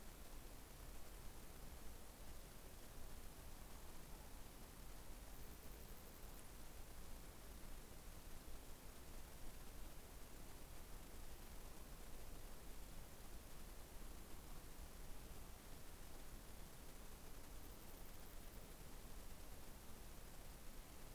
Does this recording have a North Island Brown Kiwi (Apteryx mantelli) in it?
no